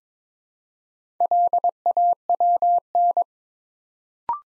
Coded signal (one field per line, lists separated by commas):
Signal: Morse code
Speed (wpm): 22 wpm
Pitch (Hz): 700 Hz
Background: none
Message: LAWN